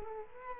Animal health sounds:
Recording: mosquito wingbeat signal from an infrared sensor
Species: Culex quinquefasciatus

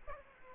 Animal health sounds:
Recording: mosquito wingbeat signal from an infrared sensor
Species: Aedes aegypti

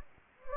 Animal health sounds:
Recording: mosquito wingbeat signal from an infrared sensor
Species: Anopheles gambiae

